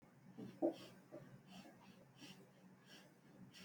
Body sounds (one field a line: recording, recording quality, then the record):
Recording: shallow breathing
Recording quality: excellent, no background noise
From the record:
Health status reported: healthy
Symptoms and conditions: none ticked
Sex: male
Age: 42 years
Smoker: not ticked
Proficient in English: yes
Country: India